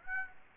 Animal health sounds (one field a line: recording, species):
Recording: mosquito wingbeat signal from an infrared sensor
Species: Aedes aegypti